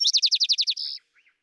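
Vesper sparrow song fragment: a run of about eight quick, evenly spaced slurred notes, ending in a sustained buzzy note, followed by a few faint chips.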